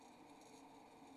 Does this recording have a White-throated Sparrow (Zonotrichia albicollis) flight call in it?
no